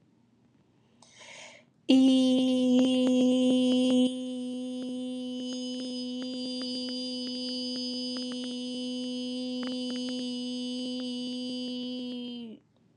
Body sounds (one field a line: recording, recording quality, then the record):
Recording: sustained vowel as in beet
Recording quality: moderate, slight background noise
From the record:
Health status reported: exposed to COVID-19, no respiratory illness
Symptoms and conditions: none ticked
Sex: female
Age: 29 years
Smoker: not ticked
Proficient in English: yes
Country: United States